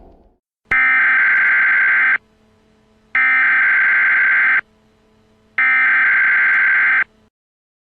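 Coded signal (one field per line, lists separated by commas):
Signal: Emergency Alert System (SAME) tones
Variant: header bursts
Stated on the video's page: Fictional EAS scenario made for entertainment, using actual SAME tones.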